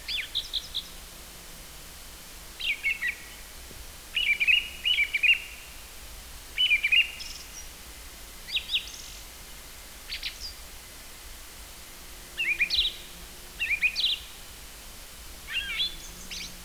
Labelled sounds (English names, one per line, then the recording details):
Song Thrush song
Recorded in the wild
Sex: male
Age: adult
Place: Halbinsel Kindo, Karelien, RU
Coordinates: 66.5519, 33.025
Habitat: taiga
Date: 1996-06-23
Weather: overcast, ca. 10 °C
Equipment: Sony TCD-D3, Sennheiser MKH 70, Windkorb
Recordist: Frommolt, Karl-Heinz